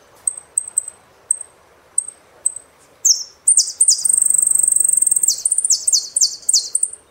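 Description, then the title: Saffron finch song: spaced high chips, then a long fast buzzy trill followed by repeated downslurred swoops. "Jilguero Argentino"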